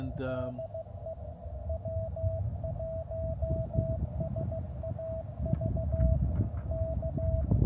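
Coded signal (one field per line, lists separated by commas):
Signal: Morse code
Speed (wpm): 16 wpm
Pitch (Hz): 660 Hz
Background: speech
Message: DE W1SAV K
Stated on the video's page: Morse during a park activation near Big Bear, California.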